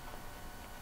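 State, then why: Not seated. A small plastic part, possibly a filter, is handled at its housing, and only a steady low background hiss is heard with no sharp hits. Nothing has seated or clicked yet.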